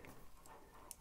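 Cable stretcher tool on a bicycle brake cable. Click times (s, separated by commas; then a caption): 0.9 s. The handle of a Park Tool 4th Hand cable stretcher on a bicycle brake cable is squeezed to release its ratchet lock from the cable. A small metal click sounds at 0.9 s, and the stretcher unlocks.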